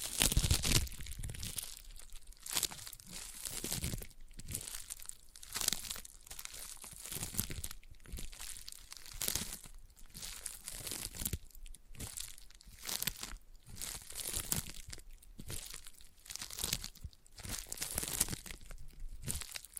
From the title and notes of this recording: ASMR Intense Sticky Tapping and Sticky Triggers (No Talking).